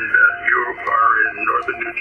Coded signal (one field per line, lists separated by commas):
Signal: Morse code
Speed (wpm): 20 wpm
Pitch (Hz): 700 Hz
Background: none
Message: THIS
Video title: Radio Amateurs Demonstrating Emergency Messaging Capabilities for Red Cross, FEMA